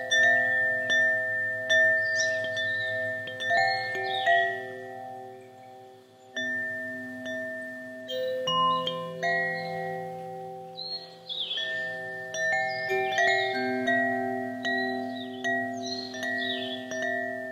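Wind chimes ring out in overlapping clusters of clear, sustained metal tones that hang and fade slowly. New strikes arrive every second or two, irregular as if stirred by the breeze, with bright shimmering overtones and a soft low hum underneath throughout.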